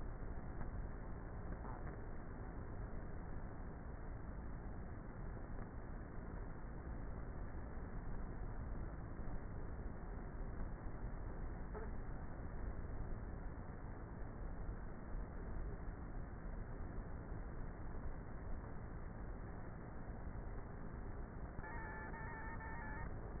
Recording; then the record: honeybee colony, microphone inside the hive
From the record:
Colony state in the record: queenless with a low population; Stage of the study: before two queens were removed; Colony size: about 30,000 bees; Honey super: no